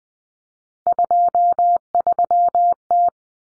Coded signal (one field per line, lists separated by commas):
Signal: Morse code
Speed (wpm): 20 wpm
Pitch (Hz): 700 Hz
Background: none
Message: 23T